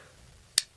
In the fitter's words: it locks in place and no longer moves any further once it's in the designated open position